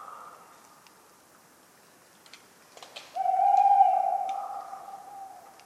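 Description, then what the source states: Tawny owl hoot, one long level hollow note in the second half, preceded by a faint breathy snore and scattered sharp acorn taps. Talkative tawny owl at night, cold 11 November 1995, Ménigoute ornithological film festival, France; autumn ambience with regularly falling acorns; the recordist fell asleep, mixing in his sleeping sounds.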